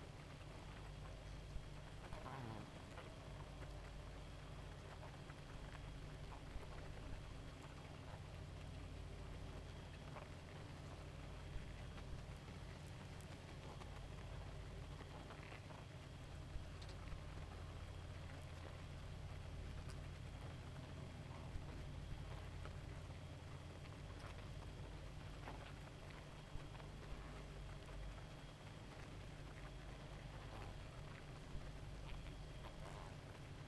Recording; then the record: honeybee colony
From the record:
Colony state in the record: active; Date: 28 July 2017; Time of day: 0:53